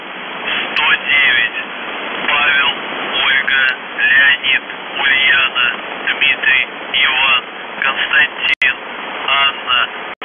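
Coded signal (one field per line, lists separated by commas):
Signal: numbers station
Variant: UVB-76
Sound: a voice speaking words through hissy, band-limited shortwave radio noise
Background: radio static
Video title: The Buzzer/UVB-76(4625Khz) December 2, 2021 17:08UTC Voice message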